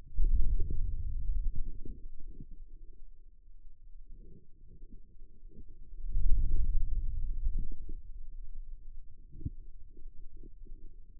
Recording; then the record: forearm muscle sounds (acoustic myography)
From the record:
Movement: hand closing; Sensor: system 2, bracelet of six BSWA MPA416 microphones around the upper forearm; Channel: 4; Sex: male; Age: 22 years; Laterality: right